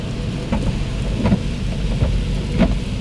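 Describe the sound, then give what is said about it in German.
Car wash cloth strips slap against the side of a car, its mirror and windows, heard from inside the car, in a loose, uneven rhythm, about four dull thuds over a steady rushing roar of water and machinery. “Das sind jetzt die Lappen, die seitlich gegen das Auto schlagen. Und gegen den Spiegel und gegen die Scheiben und gegen alles.”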